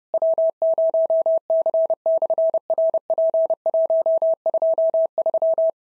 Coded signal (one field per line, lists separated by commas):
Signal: Morse code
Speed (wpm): 30 wpm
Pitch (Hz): 650 Hz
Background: none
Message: W0C/RP123